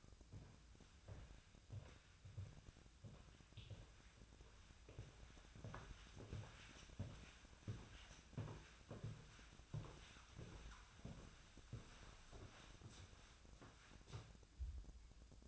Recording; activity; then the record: daily activity, microphone in the room; walk to room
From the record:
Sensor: 2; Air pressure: 1010.0 hPa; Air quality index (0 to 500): 173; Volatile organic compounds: 9 ppm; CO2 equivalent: 2158 ppm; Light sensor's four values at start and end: 35/87/37/42 and 34/84/36/41